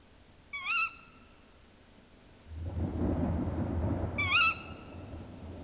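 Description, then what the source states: Tawny Owl gives two sharp rising harmonic calls a few seconds apart, while a low rumbling noise sets in between them and continues to the end. Field recording from Finland, released 1987 on cassette.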